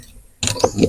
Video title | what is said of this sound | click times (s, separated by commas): maulit kaya ung 65m? galing sa baklas and putok UNCUT barrel tlga nag dadala sa unit❗❗ | Ay, nakalock na to. Pero gumagalaw. | 0.4 s